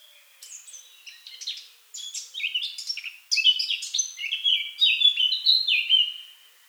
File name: Sylvia atricapilla